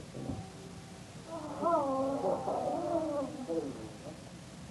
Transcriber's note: women exclaim